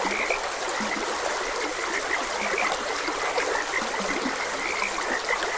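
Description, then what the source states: Frogs calling with clipped, grating croaks and a few lower, deeper notes mixed in, all set against a steady rush of stream water. Frogs croaking beside a gentle stream.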